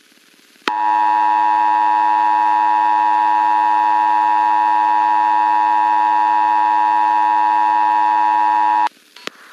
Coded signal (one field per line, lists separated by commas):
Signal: Emergency Alert System (SAME) tones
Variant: 853 and 960 Hz attention tone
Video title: EAS Warning Interrupts Baby Looney Tunes